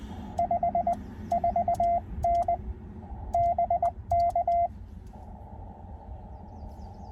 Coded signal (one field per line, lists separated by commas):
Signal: Morse code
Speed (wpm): 19 wpm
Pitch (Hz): 690 Hz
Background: none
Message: 54N BK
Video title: 2024 Hamvention Road Trip Day 3